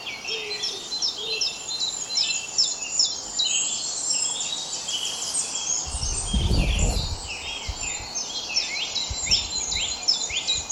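Birds singing in a dawn chorus, repeated high chirps and trills, a few low coos early and a brief low rumbling noise midway.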